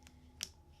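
A rubber dust boot is slowly pushed down over a front brake caliper piston on a 1995 HiAce so that it clicks into the piston groove. A faint tick comes near 0.1 s, then a single sharp click at 0.4 s over a low background hum. Despite the click, the boot is not fully seated in the groove and still needs fixing.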